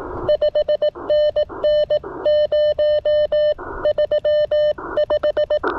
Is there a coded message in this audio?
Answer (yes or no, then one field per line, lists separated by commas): yes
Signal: Morse code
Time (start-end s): 0.3-5.6 s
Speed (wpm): 19 wpm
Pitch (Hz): 590 Hz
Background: none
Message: 5NN 035